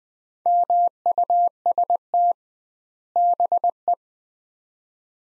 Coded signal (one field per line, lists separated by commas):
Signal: Morse code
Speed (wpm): 20 wpm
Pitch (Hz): 700 Hz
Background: none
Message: MUST BE